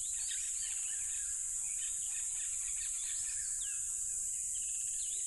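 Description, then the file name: Crickets in a continuous shrill high chorus, with scattered bird chirps and twitters mixed in over a soft low rumble. Loud crickets at a tropical river. "smartsound ATMO NATURE Tropical River Loud Crickets"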